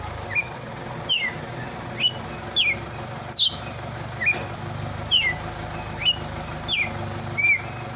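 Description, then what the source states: Red-cowled cardinal giving a series of whistled notes, mostly downslurred, spaced under a second apart, partly masked by a steady low hum. Female.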